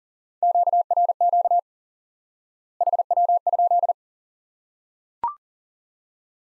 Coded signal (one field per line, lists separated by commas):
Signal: Morse code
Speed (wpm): 40 wpm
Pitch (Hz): 700 Hz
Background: none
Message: QRQ HW?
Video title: Course 3 - Lesson 53 - QRQ - Two Elements